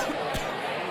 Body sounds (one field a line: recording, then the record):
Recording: coughing mixed with background sound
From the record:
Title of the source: Coughing 51